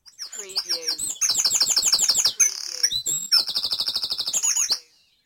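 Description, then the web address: Birdsong: a dense run of high chirps, fast trills and whistled phrases, stopping near the end. Dawn chorus recorded at dawn in Mold, North Wales. "beanstalk-audio Dawn Chorus in Mold North Wales"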